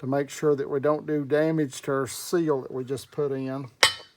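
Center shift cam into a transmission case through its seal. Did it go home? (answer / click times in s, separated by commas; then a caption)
no / none. A center shift cam is eased through its newly installed seal into the case of a Richmond Overdrive 6-speed transmission, with care taken not to damage the seal. Someone talks throughout, and a brief sharp metallic sound comes near the end around 3.8 s. The cam has not seated or clicked into place yet.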